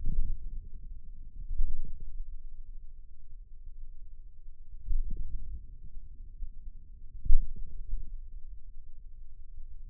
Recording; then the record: forearm muscle sounds (acoustic myography)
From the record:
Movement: ulnar deviation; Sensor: system 2, bracelet of six BSWA MPA416 microphones around the upper forearm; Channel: 4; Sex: male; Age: 22 years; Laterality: right